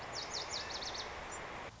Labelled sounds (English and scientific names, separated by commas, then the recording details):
Lazuli Bunting (Passerina amoena)
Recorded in Sonoma County, California